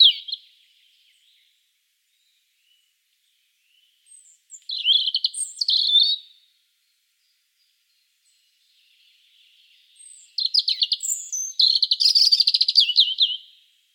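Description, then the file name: European robin song: a short high note, then two bursts of rapid, tinkling, high-pitched warbling phrases separated by several seconds of silence. "Erithacus rubecula"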